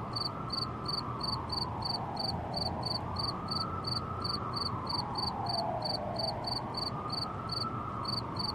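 Cricket chirping in regular short bursts, about three each second, with a wavering mechanical whine and low background hum.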